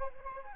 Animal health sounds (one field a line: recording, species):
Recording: mosquito wingbeat signal from an infrared sensor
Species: Anopheles arabiensis